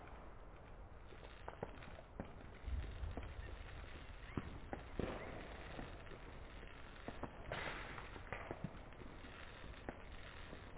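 Fireworks crackle and pop without pause, a dense rattling bed broken by sharper bangs at irregular moments, a few every couple of seconds. A deep thump lands near the three-second mark, and bursts of crackling swell around five and seven seconds. The sound is muffled, lacking any high sparkle.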